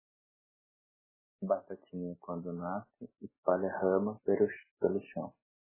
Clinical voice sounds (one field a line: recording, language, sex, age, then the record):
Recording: short text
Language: Brazilian Portuguese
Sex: male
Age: 30 to 39 years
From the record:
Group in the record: control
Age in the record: 31 years